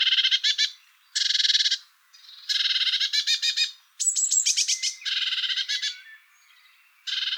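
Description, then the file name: Eurasian blue tit giving harsh, buzzy churring bursts of rapid pulses, with a brief series of thin high notes midway. "Cyanistes caeruleus"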